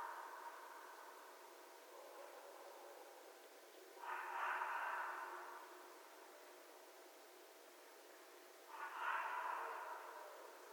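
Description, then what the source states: Red fox uttering two hoarse, drawn-out rasping calls about five seconds apart over a soft hissing background. Recorded 11 January 2012.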